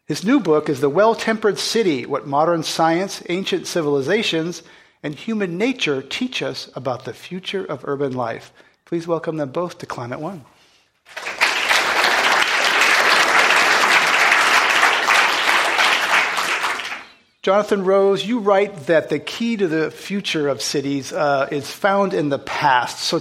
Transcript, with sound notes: His new book is “The Well-Tempered City: What Modern Science, Ancient Civilizations, and Human Nature Teach Us about the Future of Urban Life.” Please welcome them both to Climate One.
[Applause]
Jonathan Rose, you write that the key to the future of cities is found in the past.